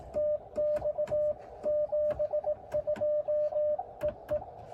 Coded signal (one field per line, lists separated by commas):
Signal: Morse code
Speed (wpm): 18 wpm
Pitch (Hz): 590 Hz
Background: none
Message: TX 72EE